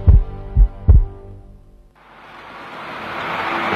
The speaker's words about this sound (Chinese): 听见中国，听见未来，中国梦，听见你的心跳。